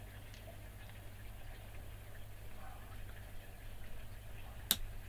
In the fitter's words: bit of a wriggle goes in with a nice click